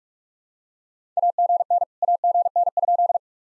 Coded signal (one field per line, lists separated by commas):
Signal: Morse code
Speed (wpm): 46 wpm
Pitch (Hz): 700 Hz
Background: none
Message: AGN AGN?